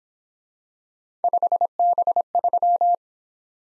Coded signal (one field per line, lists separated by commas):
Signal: Morse code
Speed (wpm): 26 wpm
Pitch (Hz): 700 Hz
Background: none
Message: 5B3